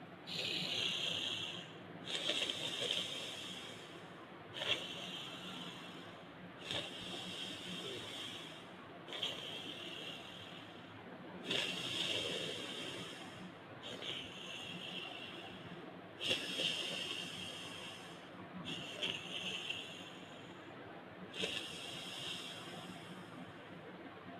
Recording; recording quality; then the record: deep breathing; moderate, slight background noise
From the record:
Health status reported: COVID-19 positive, mild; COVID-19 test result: positive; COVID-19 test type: RT-PCR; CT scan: not taken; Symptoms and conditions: cold, loss of smell and taste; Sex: male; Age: 21 years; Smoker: no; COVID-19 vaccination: both doses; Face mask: not worn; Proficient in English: yes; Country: India